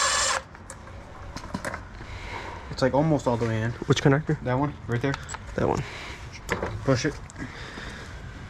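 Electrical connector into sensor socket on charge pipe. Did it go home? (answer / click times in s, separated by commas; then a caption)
no / none. An electrical connector is pushed in by hand into a sensor socket on the charge pipe near the intercooler of an Audi A3 2.0T Stage 2 during an Integrated Engineering intercooler install, while someone talks. It goes all the way in and doesn't pull back out, but no click is heard; nothing has clicked yet.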